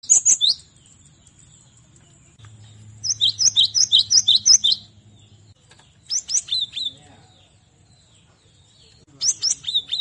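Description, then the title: Cinereous tit song: bursts of high, sharp chirps, with a run of rapidly repeated paired notes in the middle, separated by quiet gaps. Used as a training song for cage birds. "Masteran Gelatik Batu"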